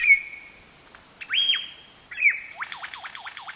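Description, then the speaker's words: Lyrebird song: a long level whistle, a rising-falling whistled note and another whistle, then a run of rapid repeated notes sweeping down and up. Male sings standing on a mound in the forest in Australia, to attract a female to his mound and to tell other lyrebirds in the area this is his territory. "He stands on his mound and sings, and he's trying to attract a female into his mound."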